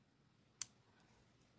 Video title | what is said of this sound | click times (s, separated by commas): QUARTZ & COPPER NECKLACE USING CLOUDBURST BBB | hear that metal click like | 0.6 s